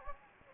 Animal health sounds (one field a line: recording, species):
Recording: mosquito wingbeat signal from an infrared sensor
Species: Anopheles gambiae